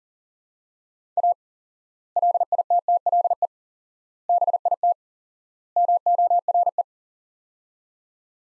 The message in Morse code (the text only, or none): A LITTLE BIT MORE